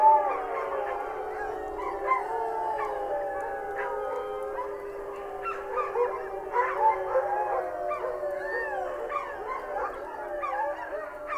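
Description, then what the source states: Wolf chorus, sustained overlapping howls beneath a busy layer of short yipping and warbling higher cries. Several wolves howling.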